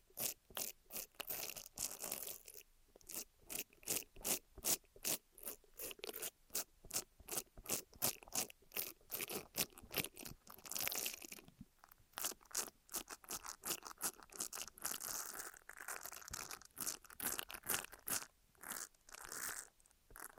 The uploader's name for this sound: Ear Massage, Cleaning